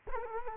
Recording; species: mosquito wingbeat signal from an infrared sensor; Culex quinquefasciatus